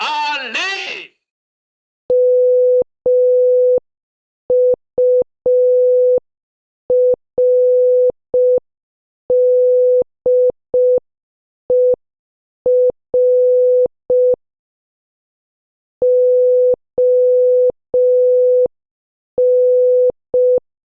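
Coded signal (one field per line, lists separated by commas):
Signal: Morse code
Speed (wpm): 5 wpm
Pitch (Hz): 500 Hz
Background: speech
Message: MURDER ON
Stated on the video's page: Morse practice at 5 wpm, sending movie names as a guess-the-movie sentence drill.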